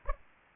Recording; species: mosquito wingbeat signal from an infrared sensor; Aedes aegypti